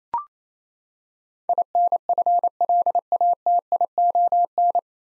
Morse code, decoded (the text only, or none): INFLATION